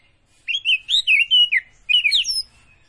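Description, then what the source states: Oriental magpie-robin singing two fast phrases of bright, looping whistles with slurred high notes. Kacer Tretes type, singing prolifically (gacor).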